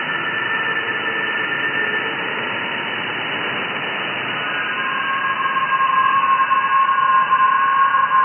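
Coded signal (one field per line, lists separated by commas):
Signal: FT8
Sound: steady hiss with several faint warbling tones layered at different pitches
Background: radio static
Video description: Receiving and decoding FT8 QSOs over 20-meter band (14,074 KHz), with the new SDRplay RSPdx software defined radio (SDR) at Mexico City.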